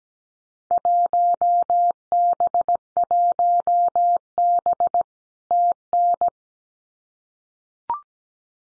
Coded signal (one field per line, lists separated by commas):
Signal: Morse code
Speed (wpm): 17 wpm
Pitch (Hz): 700 Hz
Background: none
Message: 1B1B TN